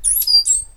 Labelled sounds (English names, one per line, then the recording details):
Stitchbird song
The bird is a male
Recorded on Tiritiri Matangi Island, New Zealand, in 2005
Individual 8, of nest box 10